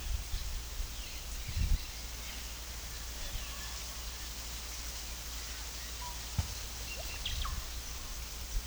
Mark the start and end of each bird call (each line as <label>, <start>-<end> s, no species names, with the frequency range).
bird call (1.1-4.2 kHz), 3.07-3.72 s
bird call (0.8-1.3 kHz), 5.97-6.12 s
bird call (0.7-3.8 kHz), 6.93-7.53 s